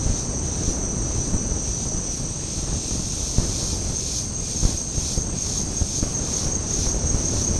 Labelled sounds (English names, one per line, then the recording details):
none
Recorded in secondary vegetation near Puerto Asís, Putumayo, Colombia, on 20 February 2024 at 08:30
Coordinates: 0.489, -76.322
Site G6419